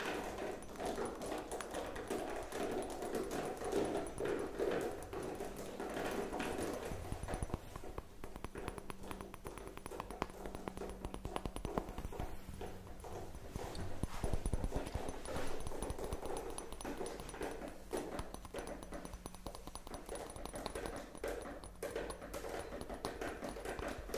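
Dense, continuous tapping fills the whole clip in a rapid, irregular clatter, with brief heavier thumps near seven and fourteen seconds.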